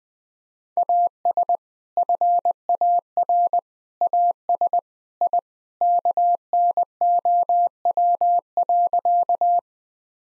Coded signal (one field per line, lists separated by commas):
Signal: Morse code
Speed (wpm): 20 wpm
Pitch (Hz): 700 Hz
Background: none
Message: AS FAR AS I KNOW.